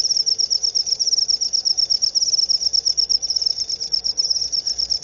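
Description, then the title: Cricket calling in a shrill continuous pulsing trill with soft background noise. Loud cricket chirping (ngerik), used to make lovebirds sing continuously (ngekek). "Suara JANGKRIK NGERIK Keras Bikin LOVEBIRD Jadi NGEKEK Terus Vubey"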